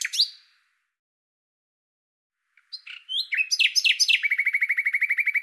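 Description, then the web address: Common nightingale song: a brief chirp, then a run of slurred notes accelerating into a fast, evenly repeated, rattling trill. "Deverinetal 2025"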